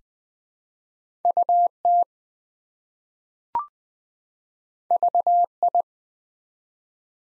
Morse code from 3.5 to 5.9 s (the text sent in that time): VI